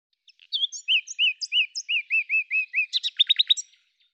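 Bird song: a run of clear, slurred whistled notes repeated evenly, then a quick series of descending sweeps at the end.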